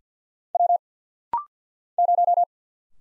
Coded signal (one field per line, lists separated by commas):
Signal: Morse code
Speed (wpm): 54 wpm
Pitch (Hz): 700 Hz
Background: none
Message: W 0